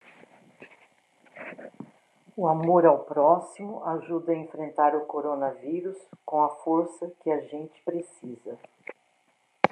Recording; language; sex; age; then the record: spoken sentence; Brazilian Portuguese; female; 60 to 69 years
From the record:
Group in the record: control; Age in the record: 60 years